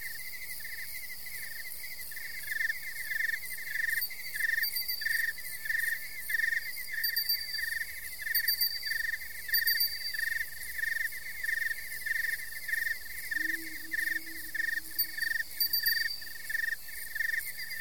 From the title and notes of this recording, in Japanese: 朝昼晩それぞれの時間帯にあわせて喜田圭一郎さんがセレクトした屋久島・ニューカレドニア・西表島の自然音をお届けします。